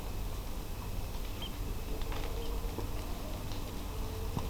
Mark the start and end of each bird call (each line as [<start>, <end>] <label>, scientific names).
[1.41, 1.48] Haematopus ostralegus
[2.41, 2.48] Haematopus ostralegus